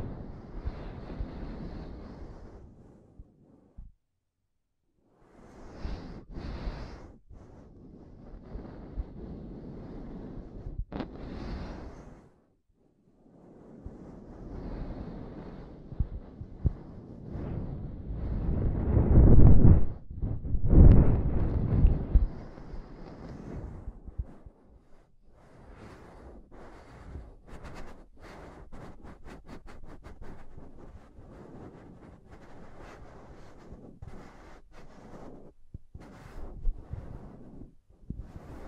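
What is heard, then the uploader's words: Heavy tapping and scratching right on the microphone, with rumbling, muffled rubs that come and go in bursts separated by brief silences. The loudest, deepest thumping swells around twenty seconds, then gives way to quicker, sharper clicking taps in the final fifteen seconds. ASMR Intense Mic Tapping and Scratching Sounds (No Talking).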